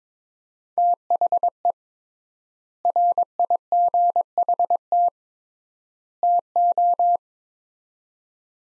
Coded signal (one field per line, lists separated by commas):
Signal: Morse code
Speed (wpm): 22 wpm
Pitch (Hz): 700 Hz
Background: none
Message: THE RIGHT TO